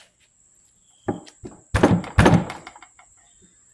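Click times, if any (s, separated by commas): none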